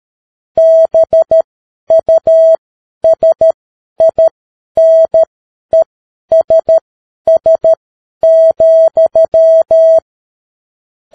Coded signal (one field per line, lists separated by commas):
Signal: Morse code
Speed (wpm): 13 wpm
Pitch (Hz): 650 Hz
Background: music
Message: BUSINESS,